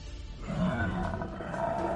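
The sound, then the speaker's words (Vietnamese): A deep, rumbling tiger roar swells in after a brief quieter lead-in, holding loud and sustained with a gravelly low growl and harsh harmonic overtones for about a second and a half. “Lão vừa biến hình xong thì gầm lên một tiếng uy phong”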